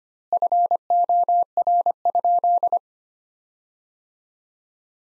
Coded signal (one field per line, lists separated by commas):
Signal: Morse code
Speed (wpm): 25 wpm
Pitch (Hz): 700 Hz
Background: none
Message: FOR?